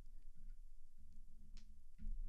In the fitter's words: fit them in properly hear the little pop if need be